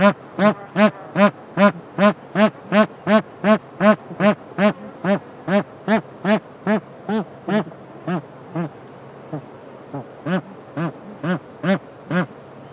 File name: anser indicus